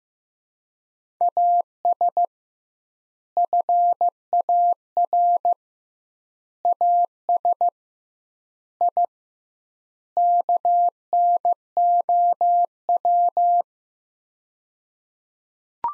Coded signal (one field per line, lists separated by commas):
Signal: Morse code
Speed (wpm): 15 wpm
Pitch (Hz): 700 Hz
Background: none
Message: AS FAR AS I KNOW